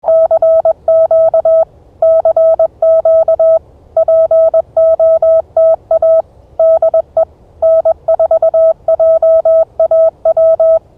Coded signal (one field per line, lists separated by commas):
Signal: Morse code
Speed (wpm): 21 wpm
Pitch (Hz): 650 Hz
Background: none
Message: CQ CQ POTA DE N4JAW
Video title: Early Bird Morse Code CW POTA Pileup 04242025